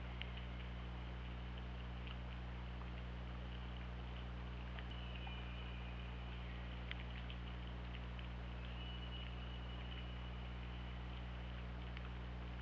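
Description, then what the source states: Killer whale whistles, thin tonal lines held for a second or two, heard twice over scattered clicks and a steady low underwater hum. Underwater OrcaLab hydrophone, 24 August 2017.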